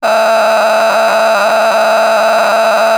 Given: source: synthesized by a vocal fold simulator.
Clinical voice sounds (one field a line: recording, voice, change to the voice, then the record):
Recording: sustained vowel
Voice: female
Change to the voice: a random mix of aspiration noise, stiffness perturbation and strain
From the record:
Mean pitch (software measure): 220 Hz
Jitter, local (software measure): 4.57%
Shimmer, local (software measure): 9.5%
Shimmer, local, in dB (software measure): 0.89 dB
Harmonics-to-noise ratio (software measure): 6.3 dB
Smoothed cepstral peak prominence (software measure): 9.4 dB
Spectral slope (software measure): -15.2 dB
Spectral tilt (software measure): -8.9 dB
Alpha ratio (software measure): -5.8 dB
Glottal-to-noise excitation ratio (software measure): 0.900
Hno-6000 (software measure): 1.6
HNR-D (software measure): 26.0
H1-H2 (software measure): 0.7 dB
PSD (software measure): 2.2e-03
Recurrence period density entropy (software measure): 0.133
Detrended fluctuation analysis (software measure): 0.0108